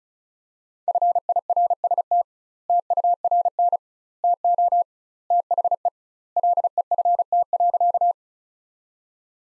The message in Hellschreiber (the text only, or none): none